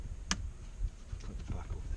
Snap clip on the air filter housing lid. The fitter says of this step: the top at that like to hear that click a little bit better this There She Goes